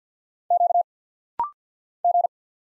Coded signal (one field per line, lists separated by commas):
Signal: Morse code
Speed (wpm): 48 wpm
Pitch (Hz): 700 Hz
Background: none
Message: Q G